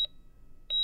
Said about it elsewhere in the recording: Up on the LTAC's third floor, Daniela remembers hearing familiar ICU sounds. You hear the heart rate monitor, regular sort of staccato beeping. This was the ventilator unit.